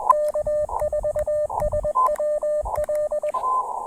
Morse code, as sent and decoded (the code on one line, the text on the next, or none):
-.- ....- ... .-- .-..
K4SWL